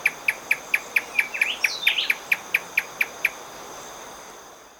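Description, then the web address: Marañón crescentchest song: a steady series of about fifteen sharp, evenly spaced chipping notes over three seconds, another bird twittering briefly midway, constant high insect hum behind. Recorded in Ecuador. "Birds of Ecuador. Maranon Crescentchest"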